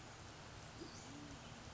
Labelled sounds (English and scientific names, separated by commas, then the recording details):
Western Flycatcher (Empidonax difficilis)
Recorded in Sonoma County, California